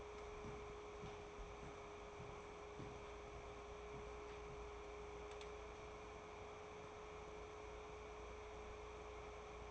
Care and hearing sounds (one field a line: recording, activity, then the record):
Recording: daily activity, microphone in the room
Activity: walk to room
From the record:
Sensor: 1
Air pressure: 1010.4 hPa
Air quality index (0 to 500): 170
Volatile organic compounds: 12 ppm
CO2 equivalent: 2351 ppm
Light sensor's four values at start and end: 45/118/49/62 and 47/122/50/64